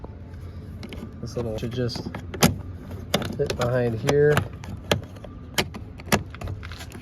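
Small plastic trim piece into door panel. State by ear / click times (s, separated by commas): not seated / none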